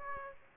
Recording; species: mosquito wingbeat signal from an infrared sensor; Aedes aegypti